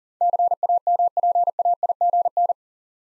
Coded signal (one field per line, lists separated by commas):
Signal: Morse code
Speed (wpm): 40 wpm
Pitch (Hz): 700 Hz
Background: none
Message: CAMPAIGN